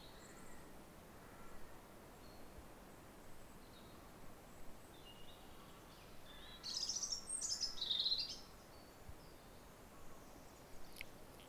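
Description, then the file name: European robin giving one short, very high, twittering phrase after a long quiet stretch, with faint thin notes around it. "Erithacus rubecula"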